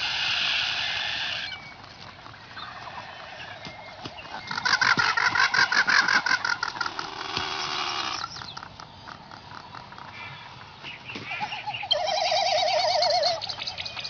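Frigatebird calls with loud bursts of fast rattling and warbling, alternating with quieter stretches of background chatter.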